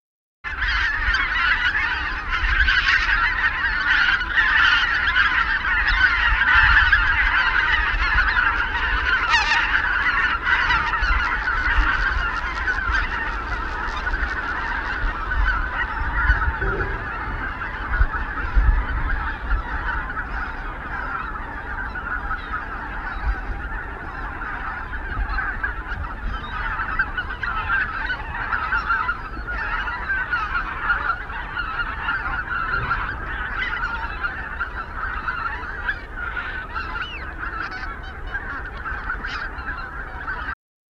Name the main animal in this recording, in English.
Greater White-fronted Goose